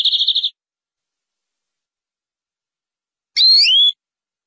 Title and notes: BM Suara Kenari. BM Suara Burung Kenari